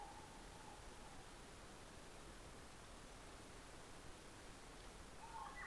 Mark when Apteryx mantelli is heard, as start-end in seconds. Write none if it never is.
none